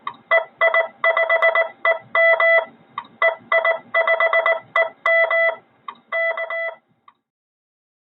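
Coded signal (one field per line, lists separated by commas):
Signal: Morse code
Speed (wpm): 19 wpm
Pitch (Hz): 2000 Hz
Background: none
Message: EI5EM EI5EM K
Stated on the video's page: QRP CW from a home-built EGV-9B nine-band transceiver kit on air, including QSOs.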